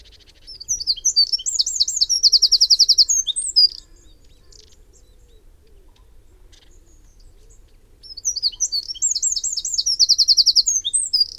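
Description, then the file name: Eurasian wren singing two loud, high-pitched bursts separated by several seconds of quiet, each a rapid tumble of sharp notes that includes a dry, machine-gun trill. "Troglodytes troglodytes"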